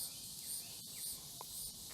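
A folding blade is handled on a budget metal multi-tool whose blade locks open into the handle, with a steady high-pitched insect-like chirring over faint low rumble. Only a few soft, brief ticks are heard, and nothing has seated or clicked yet.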